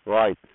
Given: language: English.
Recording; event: throat vibration sensor signal played as sound; speech